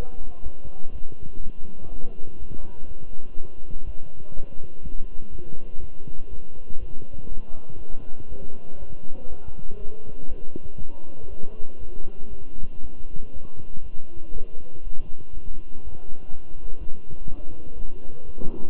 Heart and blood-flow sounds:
heart sounds by stethoscope; between the tricuspid and mitral areas; 121 bpm
0.42 s: heartbeat
0.91 s: heartbeat
1.40 s: heartbeat
1.89 s: heartbeat
2.38 s: heartbeat
2.87 s: heartbeat
3.36 s: heartbeat
3.85 s: heartbeat
4.34 s: heartbeat
4.83 s: heartbeat
5.31 s: heartbeat
5.80 s: heartbeat
6.29 s: heartbeat
6.79 s: heartbeat
7.28 s: heartbeat
7.78 s: heartbeat
8.28 s: heartbeat
8.79 s: heartbeat
9.28 s: heartbeat
9.78 s: heartbeat
10.28 s: heartbeat
10.78 s: heartbeat
11.29 s: heartbeat
11.79 s: heartbeat
12.29 s: heartbeat
12.80 s: heartbeat
13.32 s: heartbeat
13.82 s: heartbeat
14.32 s: heartbeat
14.83 s: heartbeat
15.33 s: heartbeat
15.83 s: heartbeat
16.31 s: heartbeat
16.79 s: heartbeat
17.27 s: heartbeat
17.76 s: heartbeat
18.25 s: heartbeat
From the record:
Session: walking at 3.7 km/h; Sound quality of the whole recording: good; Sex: male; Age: 23 years

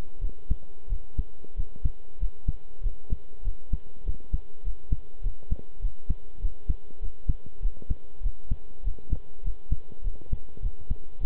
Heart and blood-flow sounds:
heart sounds by stethoscope; between the tricuspid and mitral areas; 98 bpm
0.21 s: heartbeat
0.89 s: heartbeat
1.56 s: heartbeat
2.19 s: heartbeat
2.82 s: heartbeat
3.44 s: heartbeat
4.05 s: heartbeat
4.64 s: heartbeat
5.23 s: heartbeat
5.81 s: heartbeat
6.41 s: heartbeat
7.01 s: heartbeat
7.62 s: heartbeat
8.22 s: heartbeat
8.84 s: heartbeat
9.44 s: heartbeat
10.03 s: heartbeat
10.62 s: heartbeat
11.20 s: heartbeat
From the record:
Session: pedaling a stationary bicycle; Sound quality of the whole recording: good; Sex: male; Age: 23 years

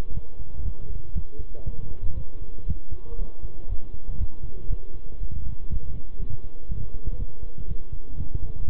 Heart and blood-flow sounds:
heart sounds by stethoscope; between the tricuspid and mitral areas; 120 bpm
0.14 s: heartbeat
0.65 s: heartbeat
1.16 s: heartbeat
1.66 s: heartbeat
2.17 s: heartbeat
2.68 s: heartbeat
3.19 s: heartbeat
3.70 s: heartbeat
4.20 s: heartbeat
4.70 s: heartbeat
5.20 s: heartbeat
5.70 s: heartbeat
6.19 s: heartbeat
6.69 s: heartbeat
7.19 s: heartbeat
7.68 s: heartbeat
8.18 s: heartbeat
8.67 s: heartbeat
From the record:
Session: bicycle stress test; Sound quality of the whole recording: good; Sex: male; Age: 23 years

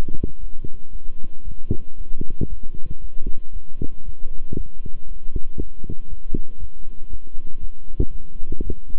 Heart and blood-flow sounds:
heart sounds by stethoscope; between the tricuspid and mitral areas; 117 bpm
0.39 s: heartbeat
0.91 s: heartbeat
1.44 s: heartbeat
1.96 s: heartbeat
2.48 s: heartbeat
3.00 s: heartbeat
3.52 s: heartbeat
4.04 s: heartbeat
4.55 s: heartbeat
5.07 s: heartbeat
5.58 s: heartbeat
6.08 s: heartbeat
6.58 s: heartbeat
7.09 s: heartbeat
7.59 s: heartbeat
8.11 s: heartbeat
8.62 s: heartbeat
From the record:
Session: walking at 3.7 km/h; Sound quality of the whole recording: good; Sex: male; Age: 26 years

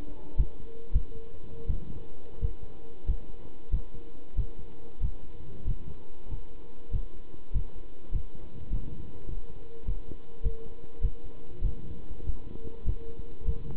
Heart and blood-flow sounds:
heart sounds by stethoscope; between the tricuspid and mitral areas; 96 bpm
0.38 s: heartbeat
0.94 s: heartbeat
1.68 s: heartbeat
2.41 s: heartbeat
3.07 s: heartbeat
3.72 s: heartbeat
4.37 s: heartbeat
5.01 s: heartbeat
5.66 s: heartbeat
6.29 s: heartbeat
6.92 s: heartbeat
7.54 s: heartbeat
8.13 s: heartbeat
8.71 s: heartbeat
9.28 s: heartbeat
9.86 s: heartbeat
10.44 s: heartbeat
11.02 s: heartbeat
11.63 s: heartbeat
12.25 s: heartbeat
12.86 s: heartbeat
13.46 s: heartbeat
From the record:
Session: pedaling a stationary bicycle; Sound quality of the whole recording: good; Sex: male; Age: 27 years

